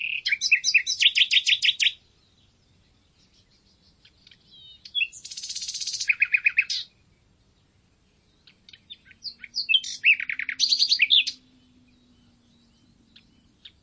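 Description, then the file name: Common nightingale song: three loud phrases of rapid repeated notes, chattering trills and rich varied elements, separated by pauses of about two seconds, with a faint low hum beneath the last. "Luscinia megarhynchos"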